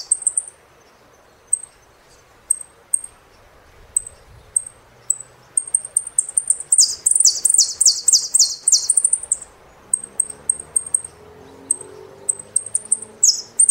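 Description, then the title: Saffron finch song with scattered high chips building into a burst of rapid descending sweeps, then more chips and another sweep near the end. "Jilguero Argentino"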